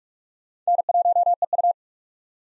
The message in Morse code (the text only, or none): N1EU